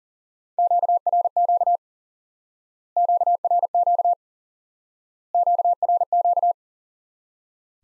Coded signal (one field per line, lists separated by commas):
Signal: Morse code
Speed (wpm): 40 wpm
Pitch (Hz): 700 Hz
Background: none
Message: QRQ QRQ QRQ